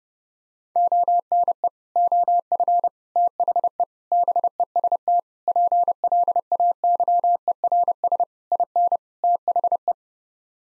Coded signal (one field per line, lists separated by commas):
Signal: Morse code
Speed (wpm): 31 wpm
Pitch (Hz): 700 Hz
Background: none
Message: ONE OF THE BEST PLAYERS IN THE